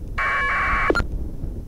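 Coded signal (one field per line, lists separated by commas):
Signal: packet radio (AX.25, as in APRS)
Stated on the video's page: APRS packets through the ISS UHF digipeater on a near-overhead pass, received on a Kenwood TH-D72A handheld and recorded.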